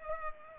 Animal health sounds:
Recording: mosquito wingbeat signal from an infrared sensor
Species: Culex pipiens

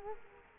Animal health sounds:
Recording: mosquito wingbeat signal from an infrared sensor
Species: Culex quinquefasciatus

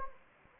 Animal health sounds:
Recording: mosquito wingbeat signal from an infrared sensor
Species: Anopheles gambiae

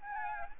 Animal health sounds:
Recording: mosquito wingbeat signal from an infrared sensor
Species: Aedes albopictus

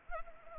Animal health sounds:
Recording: mosquito wingbeat signal from an infrared sensor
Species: Anopheles arabiensis

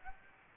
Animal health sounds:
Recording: mosquito wingbeat signal from an infrared sensor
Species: Aedes aegypti

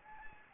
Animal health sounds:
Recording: mosquito wingbeat signal from an infrared sensor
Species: Anopheles gambiae

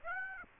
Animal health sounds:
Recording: mosquito wingbeat signal from an infrared sensor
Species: Aedes aegypti

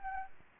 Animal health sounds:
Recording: mosquito wingbeat signal from an infrared sensor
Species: Anopheles arabiensis

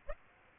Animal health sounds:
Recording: mosquito wingbeat signal from an infrared sensor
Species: Aedes aegypti

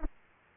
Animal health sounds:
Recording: mosquito wingbeat signal from an infrared sensor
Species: Aedes aegypti

